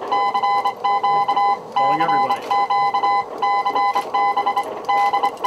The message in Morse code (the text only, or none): CQ CQ CB D